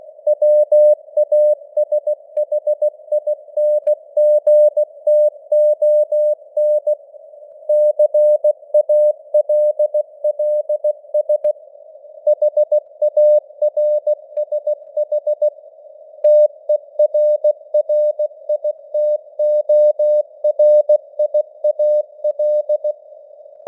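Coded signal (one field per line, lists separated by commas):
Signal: Morse code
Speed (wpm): 16 wpm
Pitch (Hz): 600 Hz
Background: none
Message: WASHINGTON CALLS HARSH TERRITORIAL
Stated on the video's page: News headlines sent at 16 wpm with simulated radio noise and varying signal strength (QSB).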